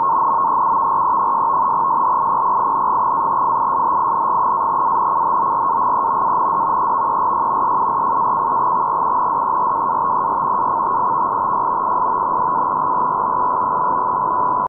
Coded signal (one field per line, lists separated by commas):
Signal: NAVTEX (SITOR-B)